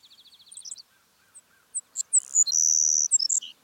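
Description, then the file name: Savannah sparrow song: a rapid run of high ticks, a pause, then sharp chips and a long buzzy hiss ending in a few short notes. "Passerculus sandwichensis - Savannah Sparrow"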